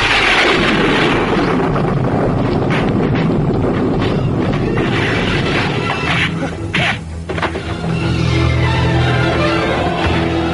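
A loud crack of thunder following a flash of lightning under spreading clouds, over Pandaringan at night, breaks into a long, heavy rumble that roars steadily for several seconds, with a few sharper bursts along the way and no voices.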